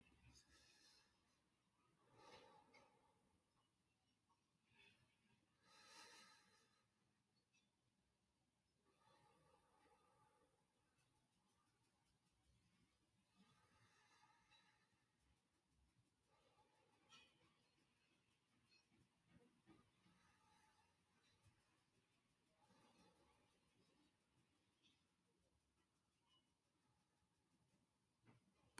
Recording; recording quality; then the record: shallow breathing; excellent, no background noise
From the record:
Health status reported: respiratory illness, not identified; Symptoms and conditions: cough, fever, pneumonia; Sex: male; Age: 39 years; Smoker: yes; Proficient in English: yes